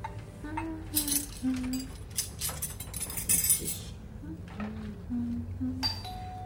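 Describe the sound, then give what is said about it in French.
Cutlery clinks and rattles in a few scattered bursts as pieces are handled and passed, bright metallic taps over a low, steady tonal hum. “Tu me passes les couverts, s'il te plaît.”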